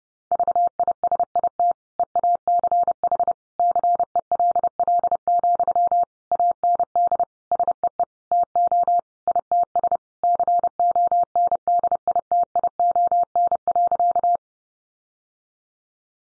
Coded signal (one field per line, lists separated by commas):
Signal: Morse code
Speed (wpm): 30 wpm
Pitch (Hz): 700 Hz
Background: none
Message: VISIT EACH CELL, AND SEE TO ITS CONDITION.